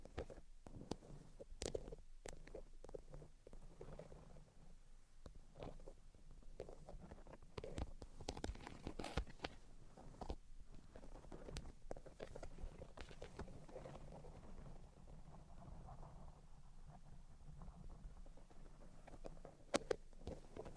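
Tapping, scratching and tracing sounds fill the clip with dense, irregular clicks and sharp taps, some quick bursts close together and others spread out. Underneath runs a low, rough rubbing texture that stays fairly steady. A couple of crisp taps stand out near the end.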